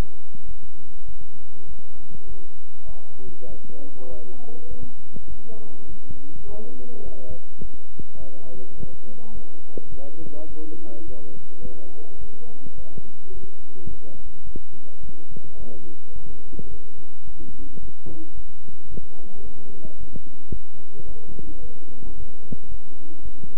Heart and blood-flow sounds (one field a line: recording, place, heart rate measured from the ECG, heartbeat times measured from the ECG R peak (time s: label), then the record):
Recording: heart sounds by stethoscope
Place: between the tricuspid and mitral areas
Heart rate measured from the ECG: 105 bpm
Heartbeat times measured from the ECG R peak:
0.46 s: heartbeat
1.06 s: heartbeat
1.67 s: heartbeat
2.27 s: heartbeat
2.86 s: heartbeat
3.48 s: heartbeat
4.09 s: heartbeat
4.69 s: heartbeat
5.28 s: heartbeat
5.87 s: heartbeat
6.46 s: heartbeat
7.04 s: heartbeat
7.61 s: heartbeat
8.18 s: heartbeat
8.76 s: heartbeat
9.33 s: heartbeat
9.90 s: heartbeat
10.47 s: heartbeat
11.06 s: heartbeat
11.62 s: heartbeat
12.19 s: heartbeat
12.76 s: heartbeat
13.32 s: heartbeat
13.88 s: heartbeat
14.45 s: heartbeat
15.01 s: heartbeat
15.58 s: heartbeat
16.13 s: heartbeat
16.69 s: heartbeat
17.25 s: heartbeat
17.80 s: heartbeat
18.35 s: heartbeat
18.90 s: heartbeat
19.44 s: heartbeat
19.98 s: heartbeat
20.52 s: heartbeat
21.06 s: heartbeat
21.61 s: heartbeat
22.16 s: heartbeat
22.69 s: heartbeat
23.23 s: heartbeat
From the record:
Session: bicycle stress test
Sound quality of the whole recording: good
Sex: male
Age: 23 years